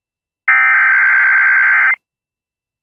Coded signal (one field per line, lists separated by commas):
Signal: Emergency Alert System (SAME) tones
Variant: header bursts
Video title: PDS TOA For OK And TX (KS Not Mentioned) EAS #663